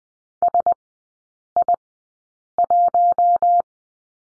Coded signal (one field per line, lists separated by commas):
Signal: Morse code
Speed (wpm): 20 wpm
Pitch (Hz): 700 Hz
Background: none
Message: SI1